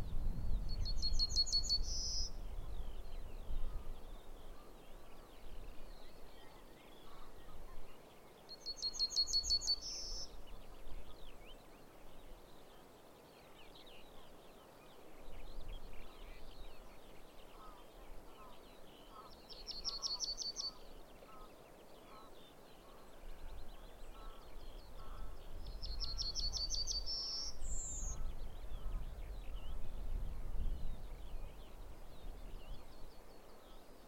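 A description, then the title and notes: Morning birdsong: a bright, high bird song repeats about every eight seconds over faint chirps and a low outdoor rumble. Morning Birds At Saaremaa, Kõruse. Spring is slowly arriving to Estonia. Zoom h6 XY setup with some later post processing. Morning birdsong.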